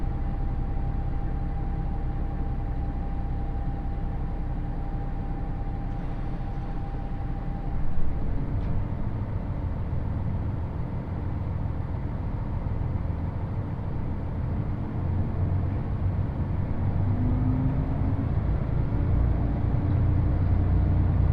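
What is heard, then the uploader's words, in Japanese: A limited express train on the Yosan Line rolls from Iyo-Ozu toward Uwajima with a steady, dense low rumble throughout. A thin whine holds until about eight seconds, where a brief knock sounds, and a low rising tone drifts in near seventeen seconds. 予讃線特急宇和海5号 伊予大洲→宇和島。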